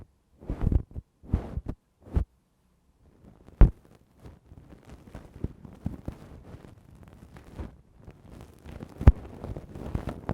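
Ear cleaning with a feather stick: a few soft swishing strokes in the first two seconds, then a short pause. A sharp tap comes near 3.6 seconds, followed by steady, crackly rustling and scratching that thickens toward the end, with another sharp click near 9 seconds.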